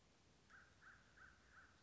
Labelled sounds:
American Crow (Corvus brachyrhynchos)
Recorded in Sonoma County, California

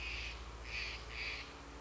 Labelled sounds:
Steller's Jay (Cyanocitta stelleri)
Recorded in Sonoma County, California

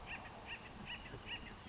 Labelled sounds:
Acorn Woodpecker (Melanerpes formicivorus)
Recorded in Sonoma County, California

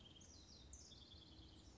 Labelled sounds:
House Wren (Troglodytes aedon)
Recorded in Sonoma County, California

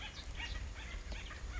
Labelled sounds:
Acorn Woodpecker (Melanerpes formicivorus)
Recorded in Sonoma County, California

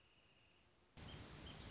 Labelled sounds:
Wrentit (Chamaea fasciata)
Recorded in Sonoma County, California

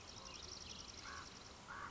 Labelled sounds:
Common Raven (Corvus corax)
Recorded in Sonoma County, California

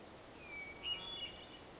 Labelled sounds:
Hermit Thrush (Catharus guttatus)
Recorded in Sonoma County, California

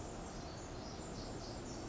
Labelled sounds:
Pacific Wren (Troglodytes pacificus)
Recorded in Sonoma County, California

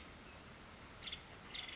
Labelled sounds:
Nuttall's Woodpecker (Dryobates nuttallii)
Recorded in Sonoma County, California

